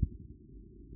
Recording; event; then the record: neck accelerometer signal played as sound; no cough (speech, laughter, throat clearing or background)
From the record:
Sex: male